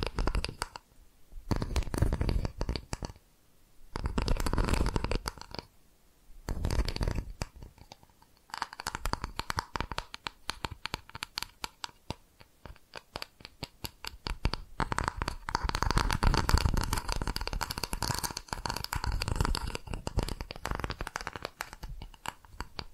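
Tapping sounds come in bursts of rapid, scratchy taps separated by brief pauses, growing denser and more continuous toward the end.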